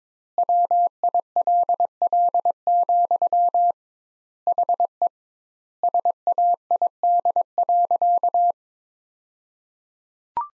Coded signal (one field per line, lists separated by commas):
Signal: Morse code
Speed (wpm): 22 wpm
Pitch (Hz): 700 Hz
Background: none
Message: WILL, HE SAID.